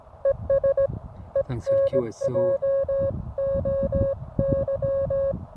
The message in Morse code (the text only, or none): ES ENJOY